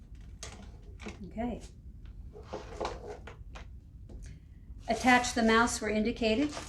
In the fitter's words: you hear the click as it goes in